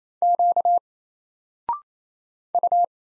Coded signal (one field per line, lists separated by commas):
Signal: Morse code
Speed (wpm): 28 wpm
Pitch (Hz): 700 Hz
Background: none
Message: Q U